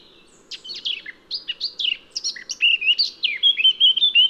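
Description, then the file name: Eurasian blackcap song opening with quick, jumbled twittering notes, then ending in a run of loud, clear, fluty whistles, over a soft low background hum. "Sylvia atricapilla"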